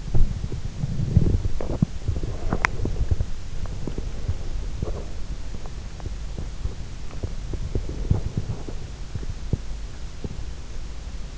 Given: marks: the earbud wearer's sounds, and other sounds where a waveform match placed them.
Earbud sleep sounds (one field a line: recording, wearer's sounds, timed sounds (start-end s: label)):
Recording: sounds in sleep by an in-ear microphone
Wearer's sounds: body movement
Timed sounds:
0.00-11.38 s: body movement